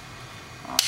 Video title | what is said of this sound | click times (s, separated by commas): MotoComm Ridercam30F Powersport Camera Review | You just hear the click and it's nice and secure. | 0.8 s